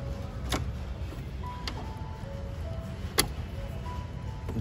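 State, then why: Seated. A refrigerant manifold hose's quick coupler is pushed onto the AC service port of a Polo 6R to recharge the AC refrigerant. Brief sharp taps at about 0.5 s and 1.7 s come over a low steady rumble with faint thin tones. A firm, louder click at 3.2 s marks the coupler seating onto the port.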